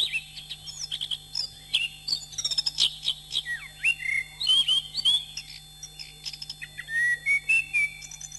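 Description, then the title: Oriental magpie-robin singing a long varied phrase of clear whistles, upslurred notes and quick chips, ending in rising sweet whistles, faint low hum throughout. "Kicau Kacer"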